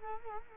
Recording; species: mosquito wingbeat signal from an infrared sensor; Culex quinquefasciatus